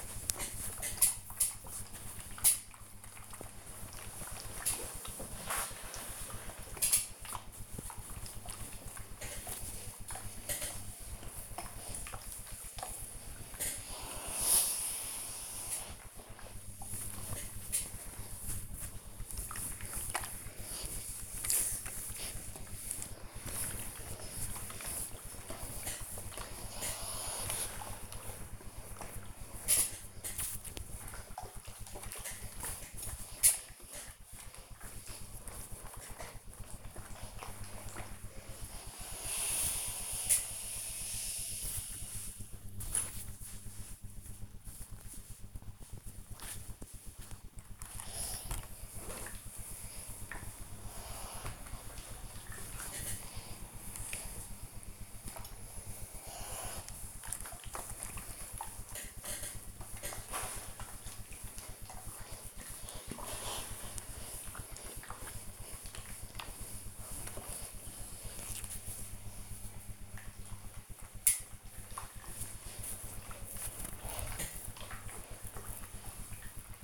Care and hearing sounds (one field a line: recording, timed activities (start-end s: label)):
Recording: household activities, microphone on the right wrist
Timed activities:
1.73-76.84 s: ironing laundry